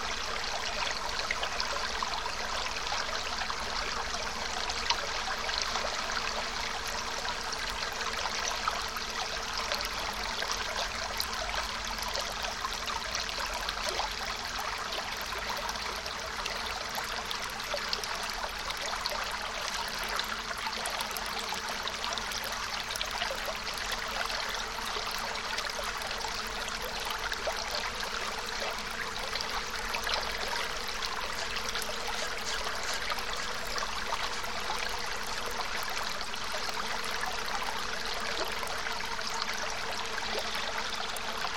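A river rushes steadily, its dense, hissing flow filling the mid and upper range without pause. The sound is constant, with fine splashing texture throughout and a faint low rumble underneath, never swelling or fading over the forty seconds.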